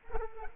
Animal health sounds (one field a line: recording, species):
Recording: mosquito wingbeat signal from an infrared sensor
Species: Culex quinquefasciatus